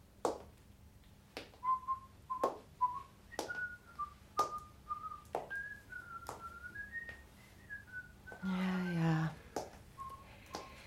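A man whistles a simple tune of sustained, wavering notes that step gradually higher, accompanied by regular sharp taps, with a short rough burst of noise near the end.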